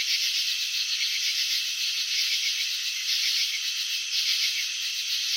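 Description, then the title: Cricket chirping, a continuous high rasping trill made of closely packed pulses that swells slightly in loudness now and then. Shown in slow motion, highlighting wing vibrations that produce the chirping and antenna movements. "Crickets in Slow Motion 📷. Capturing the Elegance of Chirping"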